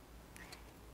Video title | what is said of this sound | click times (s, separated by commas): Better Than A Leveling Block - Dock N Stow !!!! | which snaps again | 0.4 s